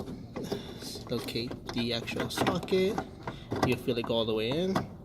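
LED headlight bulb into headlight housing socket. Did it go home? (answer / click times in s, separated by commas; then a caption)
no / none. An H15 LED headlight bulb is handled at the rear of the headlight housing socket on a 2015 Volkswagen Golf during a high beam daytime running light replacement. Someone talks throughout, with a brief sharp sound at about 0.4 s. The bulb is being pushed in but has not yet been twisted and locked, so nothing has seated or clicked yet.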